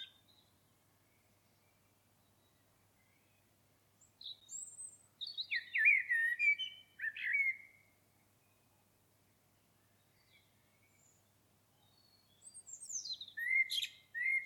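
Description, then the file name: Common blackbird song, two phrases of fluty notes and high squeaks, separated by a long quiet pause. "Turdus merula"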